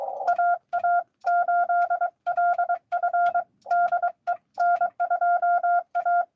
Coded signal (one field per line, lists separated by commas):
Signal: Morse code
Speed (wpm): 23 wpm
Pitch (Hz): 690 Hz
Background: none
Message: AA8LF DE N2A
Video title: N2AKJ is live! Doing parks on the air at nessequogue river state park us-2114 #pota #cw